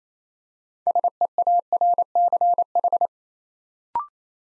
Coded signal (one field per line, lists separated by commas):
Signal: Morse code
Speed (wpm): 29 wpm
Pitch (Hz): 700 Hz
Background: none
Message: SEARCH